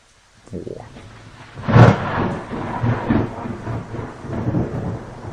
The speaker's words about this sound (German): Das andere Video. Das ist Regen.